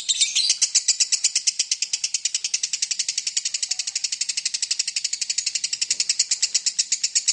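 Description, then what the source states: Lovebird song: a harsh, fast rattle of high chirps, starting with a brief burst and then steady. Lovebird in ngekek song style, used as a lure song (kicau pancingan).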